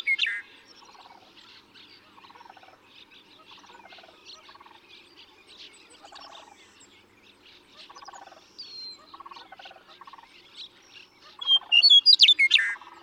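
Western meadowlark, a clear whistled song near the end, preceded by a steady background of soft pulsed trills and high chirps.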